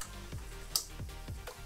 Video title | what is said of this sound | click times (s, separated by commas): 16GB vs 32GB RAM? Ram Layouts, installation and benchmarks #daisychain #topology | will just wait for the two clicks on the top one | 0.8 s